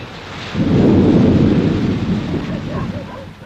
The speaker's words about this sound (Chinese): 这是个雷雨交加的夜晚